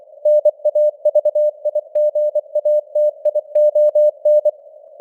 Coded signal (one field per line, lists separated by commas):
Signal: Morse code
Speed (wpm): 24 wpm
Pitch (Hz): 600 Hz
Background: none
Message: NAVIGATION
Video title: Morse Code News | 2025-12-23 | 24wpm